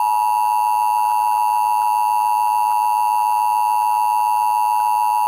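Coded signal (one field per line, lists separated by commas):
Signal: Emergency Alert System (SAME) tones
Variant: 853 and 960 Hz attention tone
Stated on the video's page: Remake of a hijacked 2011 EAS test, recreation rather than a real broadcast.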